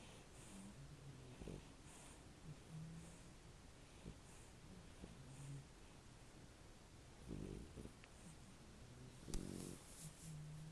Snoring puppy.